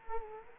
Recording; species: mosquito wingbeat signal from an infrared sensor; Culex quinquefasciatus